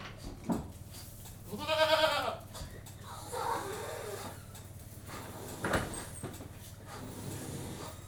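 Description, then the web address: Domestic goat bleats once loudly with a quavering tone, then softer calls and clanks follow over a steady low mechanical hum. Goats in a goat-house, general atmosphere with a milking machine running in the background. "Sound Effects Library (Livestock) General atmosphere in goat-house, with milking machine in background"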